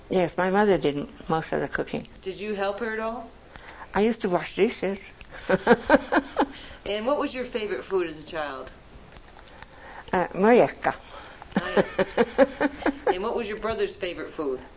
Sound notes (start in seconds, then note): 5.3 laughs; 8.7 laughs